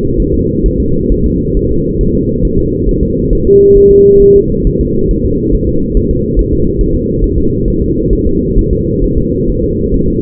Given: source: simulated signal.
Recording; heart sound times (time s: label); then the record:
fetal heart sounds
0.20 s: S1
0.34 s: S2
0.66 s: S1
0.80 s: S2
1.12 s: S1
1.26 s: S2
1.57 s: S1
1.71 s: S2
2.01 s: S1
2.15 s: S2
2.45 s: S1
2.59 s: S2
2.89 s: S1
3.03 s: S2
3.33 s: S1
3.47 s: S2
3.77 s: S1
3.92 s: S2
4.22 s: S1
4.36 s: S2
4.67 s: S1
4.81 s: S2
5.11 s: S1
5.25 s: S2
5.55 s: S1
5.69 s: S2
5.97 s: S1
6.11 s: S2
6.39 s: S1
6.53 s: S2
6.81 s: S1
6.95 s: S2
7.24 s: S1
7.38 s: S2
7.68 s: S1
7.82 s: S2
8.13 s: S1
8.27 s: S2
8.59 s: S1
8.73 s: S2
9.04 s: S1
9.18 s: S2
9.49 s: S1
9.64 s: S2
9.94 s: S1
10.08 s: S2
From the record:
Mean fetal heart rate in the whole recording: 135 bpm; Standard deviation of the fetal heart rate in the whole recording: 3 bpm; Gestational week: 36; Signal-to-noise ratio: -15.3 dB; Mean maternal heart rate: 72 bpm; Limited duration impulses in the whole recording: present